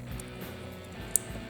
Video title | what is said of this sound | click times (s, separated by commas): How To Replace The Engine Cover Gasket On A Kohler Courage - with Taryl | locked back in | 1.2 s